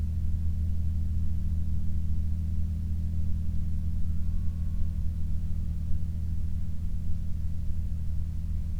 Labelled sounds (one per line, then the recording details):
bird
aircraft
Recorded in the Prudhoe Bay oil fields, Alaska, on 15 August 2019 at 23:30
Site 30